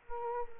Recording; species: mosquito wingbeat signal from an infrared sensor; Culex quinquefasciatus